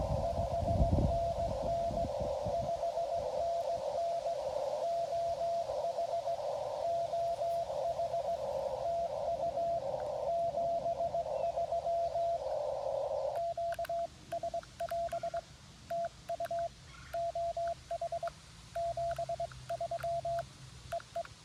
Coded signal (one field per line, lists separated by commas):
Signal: Morse code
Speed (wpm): 19 wpm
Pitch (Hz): 690 Hz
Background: radio noise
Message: 5NN 5NN OH OH TU 73 QS<AS> TU OH 73 EE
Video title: Wednesday Afternoon Morse Code POTA Activation